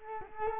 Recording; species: mosquito wingbeat signal from an infrared sensor; Culex quinquefasciatus